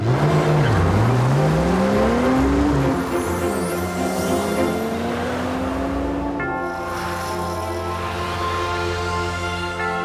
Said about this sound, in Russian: К большому белому зданию подъезжает тот самый автомобиль.